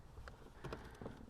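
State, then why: Not seated. An aftermarket radio mounting bracket for a 12.1-inch in-dash tablet is handled and fitted toward the center pin and guide holes in the center stack of a 2016 Jeep Grand Cherokee. Low plastic handling rustles are broken by brief knocks at about 0.3 s and 0.7 s. The bracket has not seated or clicked into place yet.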